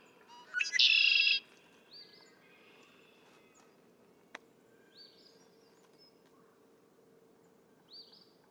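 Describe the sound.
Red-winged blackbird: one loud, rasping trilled song near the start, then quiet thin whistled notes and a single click.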